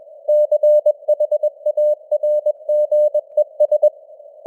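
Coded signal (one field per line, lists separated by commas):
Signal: Morse code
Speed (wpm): 21 wpm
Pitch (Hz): 600 Hz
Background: none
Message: CHARGES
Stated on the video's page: Simulated radio news headlines in Morse code at 21 wpm, with simulated noise and varying signal strength (QSB).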